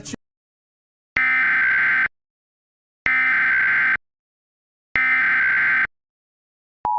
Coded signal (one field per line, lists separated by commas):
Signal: Emergency Alert System (SAME) tones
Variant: header bursts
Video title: EAS Scenario 1: The Big Orlando Riot of 2022!